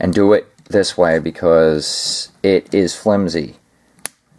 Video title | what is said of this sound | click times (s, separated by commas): Soul of Chogokin DX Mazinger Z | and then you hear that click and voila but here's the problem okay | 4.1 s